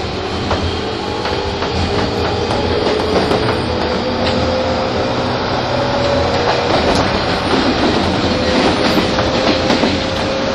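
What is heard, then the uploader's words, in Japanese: Steady, dense rumble inside a moving commuter train, a motor whine slowly rising in pitch, with scattered rail clicks and faint rattles throughout. 一昔前まで中央線東京口の主役だった201系、優等運用となる中央特快を収録したものです。201系 中央特快 01/01: 東京～高尾。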